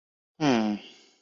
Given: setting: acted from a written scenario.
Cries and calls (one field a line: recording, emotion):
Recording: vocal sound without words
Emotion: disappointment